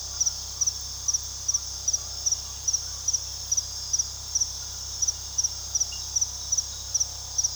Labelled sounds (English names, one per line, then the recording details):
none
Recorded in pastures near Puerto Asís, Putumayo, Colombia, on 21 February 2024 at 02:00
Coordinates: 0.486, -76.323
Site G6462